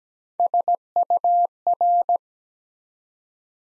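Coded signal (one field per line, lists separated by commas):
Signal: Morse code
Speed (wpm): 17 wpm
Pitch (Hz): 700 Hz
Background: none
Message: SUR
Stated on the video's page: Morse practice at 17 wpm building 3- to 5-letter words one letter at a time, for beginners working on instant character recognition.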